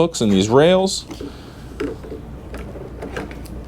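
Someone talks briefly as a removable mobility scooter pack is positioned and its hooks are aligned on the frame rails before it is pushed home. Light scraping and knocking sounds follow as the pack is handled. Nothing has seated or clicked yet.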